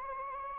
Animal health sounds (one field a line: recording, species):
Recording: mosquito wingbeat signal from an infrared sensor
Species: Anopheles gambiae